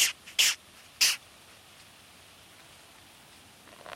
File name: Polyphylla fullo stridulation